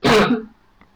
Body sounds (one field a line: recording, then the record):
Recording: coughing mixed with background sound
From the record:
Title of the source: Barking cough - # 10